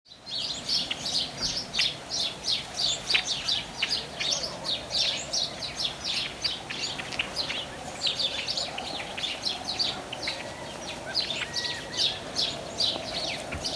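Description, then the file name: House sparrow calls: a busy run of rapid, clipped chirps, roughly two or three each second, forming a continuous lively chatter over steady background noise. "Passer domesticus"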